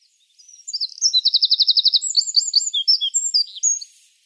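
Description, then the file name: Eurasian wren song: a high, rapid outpouring of sharp notes, with a fast rattling trill early on, then varied twittering phrases. "Troglodytes troglodytes"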